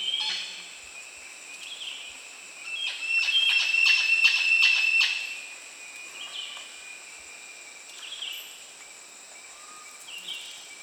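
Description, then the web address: Bird song: a quick burst of sharp ticking notes with a bright whistled tone lasting about two seconds, among faint scattered high calls over a steady hiss. Recorded on 8 September 2010. "chants 20100908"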